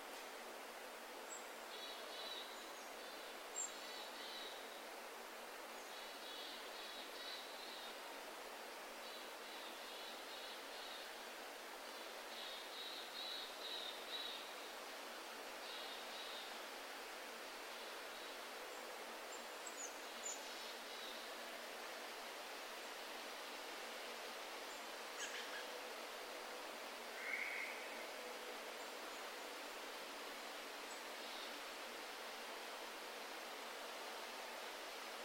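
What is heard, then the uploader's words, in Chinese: Steady soft rush of wind through forest trees, with faint high chirps early on and a few light rustles and ticks later. 听远钟声，听风息声，听林涛声，听落叶声。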